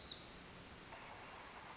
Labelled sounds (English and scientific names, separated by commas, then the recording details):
Pacific Wren (Troglodytes pacificus)
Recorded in Sonoma County, California